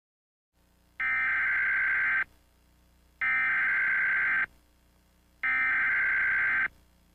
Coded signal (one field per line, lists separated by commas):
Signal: Emergency Alert System (SAME) tones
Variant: header bursts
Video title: Rating EAS alarms 🪳🪳🪳